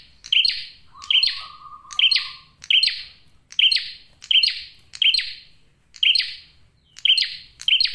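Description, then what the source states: Bar-winged prinia song of loud, clipped chirps delivered in an even series, with a brief low humming tone early on. Male, singing actively ('gacor') with a clear, tight voice; suited for use in bird trapping and for luring females.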